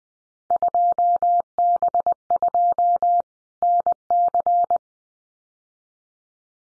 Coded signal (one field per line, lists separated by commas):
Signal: Morse code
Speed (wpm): 20 wpm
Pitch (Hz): 700 Hz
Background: none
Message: 2B2 NC